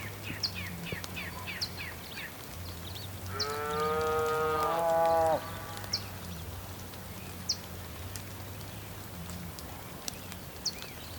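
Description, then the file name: A bull gives one loud moo lasting about two seconds, with high, quick bird chirps before and after it. Ambience recorded on the Patagonian plain, with bulls and birds. "felix blume ambience patagonian plain bulls birds rain"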